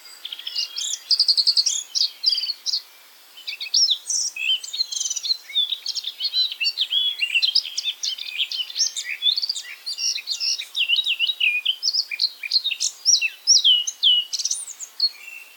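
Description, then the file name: Eurasian blackcap pouring out a long, continuous warble of twittering, scratchy and slurred notes, with one brief pause near the start. "Sylvia atricapilla"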